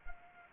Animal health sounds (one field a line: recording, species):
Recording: mosquito wingbeat signal from an infrared sensor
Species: Anopheles arabiensis